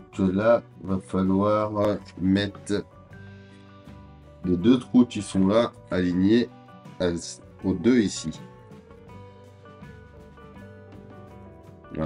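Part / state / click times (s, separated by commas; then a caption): assembly part with two holes onto its mating piece / seated / 11.9 s. An assembly part with two holes is lined up with two pins on its mating piece and pushed on while someone talks over background music. It snaps into place with a short, sharp click at 11.9 seconds, and it clicks in every time.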